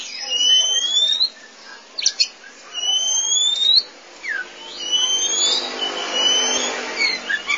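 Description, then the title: Oriental magpie-robin giving long, clear rising whistles spaced with short sharp notes, with a faint hiss behind. Song (kicauan). "Suara Kicauan Burung Kacer"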